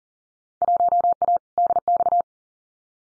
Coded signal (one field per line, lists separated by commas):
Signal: Morse code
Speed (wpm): 38 wpm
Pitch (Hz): 700 Hz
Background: none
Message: 1A DX